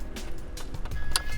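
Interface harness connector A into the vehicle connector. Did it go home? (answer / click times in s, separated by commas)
yes / 1.2 s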